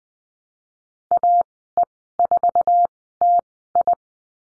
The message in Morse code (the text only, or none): AE4TI